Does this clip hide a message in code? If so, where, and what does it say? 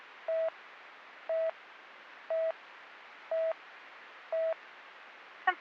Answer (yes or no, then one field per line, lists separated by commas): no